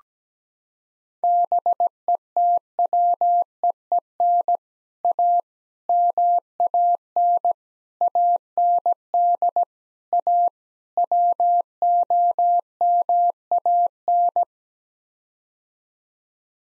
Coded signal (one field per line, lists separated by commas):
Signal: Morse code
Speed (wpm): 17 wpm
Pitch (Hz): 700 Hz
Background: none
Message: BETWEEN A MAN AND A WOMAN